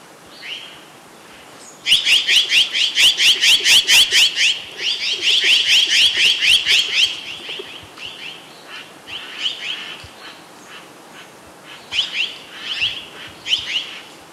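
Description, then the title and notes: Mexican jay giving a loud, rapid series of harsh, rasping notes for about five seconds, then scattered quieter calls. In Cumbres de Monterrey National Park, Mexico; local name Chara azul. "Mexican Jay. Esta ave se encuentra dentro del PN Cumbres de Monterrey su nombre cientifico es Aphelocoma ultramarina, Chara azul"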